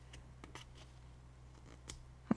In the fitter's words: okay I heard the click and now I can move it around and it's good to go